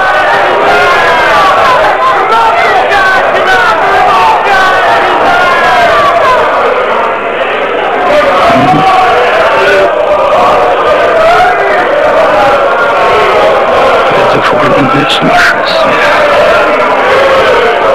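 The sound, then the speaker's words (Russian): A crowd shouting continuously for about eighteen seconds, a dense, loud wall of overlapping raised voices and yells with no pauses, some cries rising briefly above the din. “И, пожалуйста, перестаньте кричать.”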